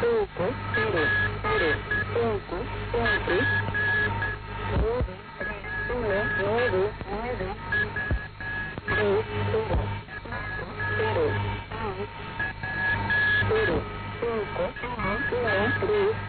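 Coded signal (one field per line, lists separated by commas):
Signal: numbers station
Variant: V02, Spanish female voice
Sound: woman reading digits in Spanish over shortwave, with an intermittent interfering whistle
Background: radio static, heterodyne tone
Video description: Also known as The Spanish Lady, the V02 'Atencion' numbers started its operation in the 1960s during the tense period between the United States and the Soviet-backed Cuba.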